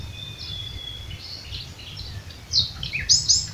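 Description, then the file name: Common nightingale giving a few sharp, high whistled notes near the end, after a faint, thin steady whistle, over low background rumble. "Luscinia megarhynchos"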